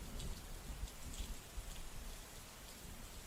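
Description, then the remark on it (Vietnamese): Steady, storm-like rain with gusty wind falls as a dense, even hiss, with soft low thuds and scattered drips spread through it and no voices at all. “Linh sàng của con bé bị mưa nó tạt tốc hết cả.”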